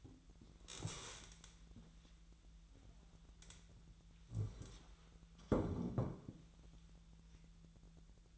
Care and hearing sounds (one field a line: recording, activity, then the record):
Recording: daily activity, microphone in the room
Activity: stand up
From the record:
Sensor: 3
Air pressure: 1001.5 hPa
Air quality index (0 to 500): 247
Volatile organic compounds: 139 ppm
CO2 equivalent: 3971 ppm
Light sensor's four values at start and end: 12/27/11/11 and 8/18/8/8